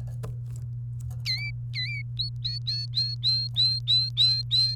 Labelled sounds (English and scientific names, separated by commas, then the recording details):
Domestic Canary (Serinus canaria) song
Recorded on 29 April 2018 at 07:55
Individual llb3